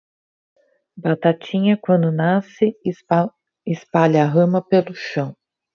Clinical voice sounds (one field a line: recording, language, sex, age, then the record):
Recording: short text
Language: Brazilian Portuguese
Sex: female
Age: 40 to 49 years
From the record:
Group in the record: control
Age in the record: 46 years